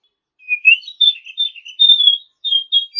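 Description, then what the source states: Oriental magpie-robin song, a flowing phrase of whistled and warbled notes with small pauses. Champion-class songbird.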